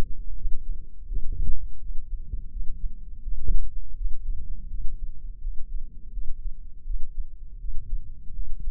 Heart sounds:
heart sounds by microphone in the left ear; 83 bpm
0.35 s: heartbeat
1.06 s: heartbeat
1.79 s: heartbeat
2.50 s: heartbeat
3.22 s: heartbeat
3.95 s: heartbeat
4.68 s: heartbeat
5.41 s: heartbeat
6.11 s: heartbeat
6.84 s: heartbeat
7.58 s: heartbeat
8.33 s: heartbeat
From the record:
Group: healthy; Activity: rest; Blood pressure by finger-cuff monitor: 166/86 mmHg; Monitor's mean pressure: 104 mmHg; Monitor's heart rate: 84 bpm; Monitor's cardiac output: 8.5 L/min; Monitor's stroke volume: 100 mL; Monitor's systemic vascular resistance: 890 dyn s/cm5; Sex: male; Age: 57 years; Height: 188 cm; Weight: 106 kg

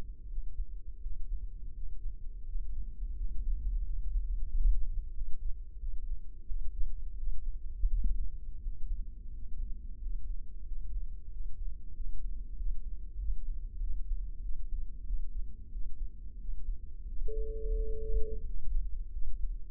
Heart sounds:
heart sounds by microphone in the left ear; 89 bpm
0.30 s: heartbeat
1.03 s: heartbeat
1.76 s: heartbeat
2.48 s: heartbeat
3.18 s: heartbeat
3.86 s: heartbeat
4.51 s: heartbeat
5.16 s: heartbeat
5.81 s: heartbeat
6.48 s: heartbeat
7.19 s: heartbeat
7.91 s: heartbeat
8.64 s: heartbeat
9.34 s: heartbeat
10.02 s: heartbeat
10.68 s: heartbeat
11.33 s: heartbeat
11.97 s: heartbeat
12.59 s: heartbeat
13.20 s: heartbeat
13.82 s: heartbeat
14.44 s: heartbeat
15.07 s: heartbeat
15.73 s: heartbeat
16.41 s: heartbeat
17.09 s: heartbeat
17.76 s: heartbeat
18.47 s: heartbeat
19.14 s: heartbeat
From the record:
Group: healthy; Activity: rest 0-16 s, Valsalva maneuver 16-20 s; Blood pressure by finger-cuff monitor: 151/84 mmHg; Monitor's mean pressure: 107 mmHg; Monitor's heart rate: 89 bpm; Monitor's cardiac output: 7 L/min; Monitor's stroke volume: 82 mL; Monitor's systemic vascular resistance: 1060 dyn s/cm5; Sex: male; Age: 21 years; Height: 175 cm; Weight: 72.6 kg

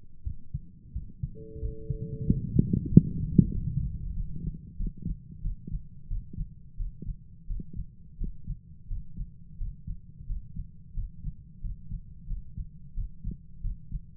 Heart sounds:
heart sounds by stethoscope; 90 bpm
0.23 s: heartbeat
0.92 s: heartbeat
1.59 s: heartbeat
2.25 s: heartbeat
2.89 s: heartbeat
3.51 s: heartbeat
4.13 s: heartbeat
4.77 s: heartbeat
5.41 s: heartbeat
6.07 s: heartbeat
6.76 s: heartbeat
7.46 s: heartbeat
8.17 s: heartbeat
8.87 s: heartbeat
9.57 s: heartbeat
10.26 s: heartbeat
10.93 s: heartbeat
11.60 s: heartbeat
12.27 s: heartbeat
12.94 s: heartbeat
13.61 s: heartbeat
From the record:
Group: healthy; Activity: rest 0-3 s, breath hold 3-14 s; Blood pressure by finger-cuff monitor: 104/69 mmHg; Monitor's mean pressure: 79 mmHg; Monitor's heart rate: 90 bpm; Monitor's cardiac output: 7.3 L/min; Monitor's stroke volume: 82 mL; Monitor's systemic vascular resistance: 770 dyn s/cm5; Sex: male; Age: 19 years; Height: 178 cm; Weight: 83 kg

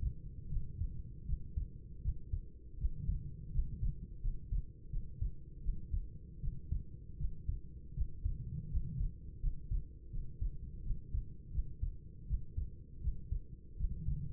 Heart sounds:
heart sounds by stethoscope; 81 bpm
0.48 s: heartbeat
1.24 s: heartbeat
2.01 s: heartbeat
2.76 s: heartbeat
3.50 s: heartbeat
4.20 s: heartbeat
4.88 s: heartbeat
5.60 s: heartbeat
6.39 s: heartbeat
7.16 s: heartbeat
7.93 s: heartbeat
8.68 s: heartbeat
9.39 s: heartbeat
10.09 s: heartbeat
10.81 s: heartbeat
11.50 s: heartbeat
12.26 s: heartbeat
13.00 s: heartbeat
13.75 s: heartbeat
From the record:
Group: healthy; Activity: rest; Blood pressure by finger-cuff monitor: 100/55 mmHg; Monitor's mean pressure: 71 mmHg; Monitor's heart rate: 80 bpm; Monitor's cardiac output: 7 L/min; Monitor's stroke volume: 86 mL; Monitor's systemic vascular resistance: 710 dyn s/cm5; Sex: female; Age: 26 years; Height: 165 cm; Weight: 55 kg

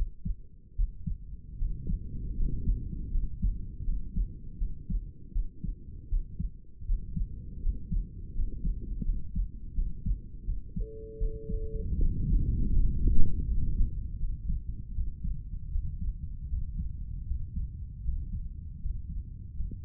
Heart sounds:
heart sounds by stethoscope; 80 bpm
0.75 s: heartbeat
1.58 s: heartbeat
2.35 s: heartbeat
3.10 s: heartbeat
3.84 s: heartbeat
4.58 s: heartbeat
5.32 s: heartbeat
6.08 s: heartbeat
6.86 s: heartbeat
7.61 s: heartbeat
8.33 s: heartbeat
9.04 s: heartbeat
9.74 s: heartbeat
10.44 s: heartbeat
11.17 s: heartbeat
11.98 s: heartbeat
12.73 s: heartbeat
13.46 s: heartbeat
14.18 s: heartbeat
14.93 s: heartbeat
15.70 s: heartbeat
16.48 s: heartbeat
17.26 s: heartbeat
18.03 s: heartbeat
18.80 s: heartbeat
19.54 s: heartbeat
From the record:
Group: healthy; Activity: rest 0-12 s, Valsalva maneuver 12-20 s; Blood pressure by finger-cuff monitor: 104/69 mmHg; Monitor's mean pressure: 77 mmHg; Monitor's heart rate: 80 bpm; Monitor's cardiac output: 6.3 L/min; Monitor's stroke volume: 79 mL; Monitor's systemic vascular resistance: 880 dyn s/cm5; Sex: male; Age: 35 years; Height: 180 cm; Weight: 86.9 kg

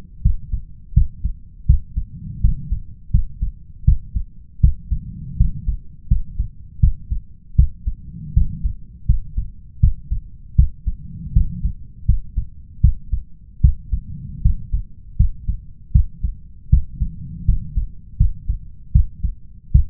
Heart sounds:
heart sounds by stethoscope; 80 bpm
0.21 s: heartbeat
0.93 s: heartbeat
1.65 s: heartbeat
2.40 s: heartbeat
3.10 s: heartbeat
3.84 s: heartbeat
4.60 s: heartbeat
5.36 s: heartbeat
6.07 s: heartbeat
6.79 s: heartbeat
7.55 s: heartbeat
8.33 s: heartbeat
9.05 s: heartbeat
9.79 s: heartbeat
10.55 s: heartbeat
11.32 s: heartbeat
12.05 s: heartbeat
12.80 s: heartbeat
13.60 s: heartbeat
14.41 s: heartbeat
15.16 s: heartbeat
15.91 s: heartbeat
16.69 s: heartbeat
17.45 s: heartbeat
18.16 s: heartbeat
18.91 s: heartbeat
19.71 s: heartbeat
From the record:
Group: healthy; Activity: rest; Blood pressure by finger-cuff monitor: 137/87 mmHg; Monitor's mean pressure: 101 mmHg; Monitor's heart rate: 80 bpm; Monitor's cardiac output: 6.6 L/min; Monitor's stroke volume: 82 mL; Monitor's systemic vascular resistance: 1130 dyn s/cm5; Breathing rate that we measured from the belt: 20 breaths a minute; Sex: male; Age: 21 years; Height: 180 cm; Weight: 67.5 kg

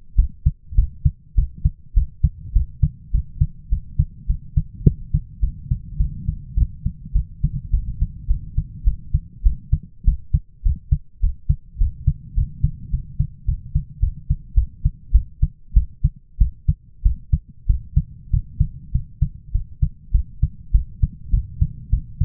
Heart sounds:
heart sounds by stethoscope; 102 bpm
0.16 s: heartbeat
0.76 s: heartbeat
1.35 s: heartbeat
1.94 s: heartbeat
2.53 s: heartbeat
3.12 s: heartbeat
3.70 s: heartbeat
4.27 s: heartbeat
4.84 s: heartbeat
5.41 s: heartbeat
5.98 s: heartbeat
6.55 s: heartbeat
7.13 s: heartbeat
7.71 s: heartbeat
8.28 s: heartbeat
8.84 s: heartbeat
9.43 s: heartbeat
10.05 s: heartbeat
10.63 s: heartbeat
11.21 s: heartbeat
11.78 s: heartbeat
12.35 s: heartbeat
12.91 s: heartbeat
13.46 s: heartbeat
14.00 s: heartbeat
14.55 s: heartbeat
15.12 s: heartbeat
15.74 s: heartbeat
16.38 s: heartbeat
17.03 s: heartbeat
17.67 s: heartbeat
18.31 s: heartbeat
18.92 s: heartbeat
19.52 s: heartbeat
20.12 s: heartbeat
20.72 s: heartbeat
21.31 s: heartbeat
21.90 s: heartbeat
From the record:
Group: healthy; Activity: cold pressor test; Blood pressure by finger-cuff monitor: 177/131 mmHg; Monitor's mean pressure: 146 mmHg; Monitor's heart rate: 102 bpm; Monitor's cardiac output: 7.6 L/min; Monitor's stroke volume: 74 mL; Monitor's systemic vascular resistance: 1460 dyn s/cm5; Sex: male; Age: 23 years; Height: 179 cm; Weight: 87 kg

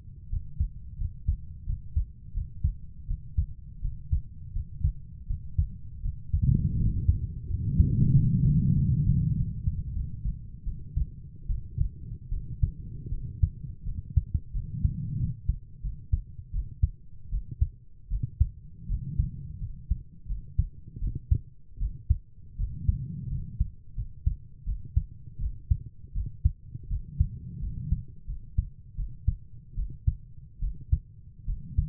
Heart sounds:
heart sounds by stethoscope; 83 bpm
0.30 s: heartbeat
0.98 s: heartbeat
1.66 s: heartbeat
2.34 s: heartbeat
3.07 s: heartbeat
3.82 s: heartbeat
4.53 s: heartbeat
5.27 s: heartbeat
6.02 s: heartbeat
6.77 s: heartbeat
7.48 s: heartbeat
8.13 s: heartbeat
8.75 s: heartbeat
9.35 s: heartbeat
9.93 s: heartbeat
10.64 s: heartbeat
11.48 s: heartbeat
12.30 s: heartbeat
13.10 s: heartbeat
13.85 s: heartbeat
14.53 s: heartbeat
15.18 s: heartbeat
15.82 s: heartbeat
16.52 s: heartbeat
17.31 s: heartbeat
18.10 s: heartbeat
18.88 s: heartbeat
19.60 s: heartbeat
20.28 s: heartbeat
21.00 s: heartbeat
21.79 s: heartbeat
22.57 s: heartbeat
23.30 s: heartbeat
23.96 s: heartbeat
24.65 s: heartbeat
25.40 s: heartbeat
26.14 s: heartbeat
26.89 s: heartbeat
27.61 s: heartbeat
28.27 s: heartbeat
28.96 s: heartbeat
29.76 s: heartbeat
30.60 s: heartbeat
31.46 s: heartbeat
From the record:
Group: healthy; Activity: Valsalva maneuver 0-8 s, rest 8-32 s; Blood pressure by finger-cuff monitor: 110/63 mmHg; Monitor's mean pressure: 79 mmHg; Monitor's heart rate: 82 bpm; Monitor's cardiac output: 7.7 L/min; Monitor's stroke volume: 91 mL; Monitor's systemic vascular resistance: 730 dyn s/cm5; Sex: female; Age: 22 years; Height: 160 cm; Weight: 63 kg

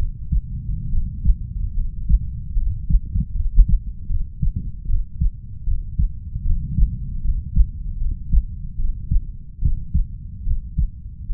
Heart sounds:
heart sounds by stethoscope; 75 bpm
0.89 s: heartbeat
1.73 s: heartbeat
2.53 s: heartbeat
3.32 s: heartbeat
4.06 s: heartbeat
4.86 s: heartbeat
5.64 s: heartbeat
6.42 s: heartbeat
7.21 s: heartbeat
7.98 s: heartbeat
8.76 s: heartbeat
9.59 s: heartbeat
10.43 s: heartbeat
11.26 s: heartbeat
From the record:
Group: healthy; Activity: rest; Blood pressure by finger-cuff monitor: 124/68 mmHg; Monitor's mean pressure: 83 mmHg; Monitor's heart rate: 76 bpm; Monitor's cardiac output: 5.9 L/min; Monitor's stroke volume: 79 mL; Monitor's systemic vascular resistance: 1040 dyn s/cm5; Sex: female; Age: 32 years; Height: 168 cm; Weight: 61.9 kg

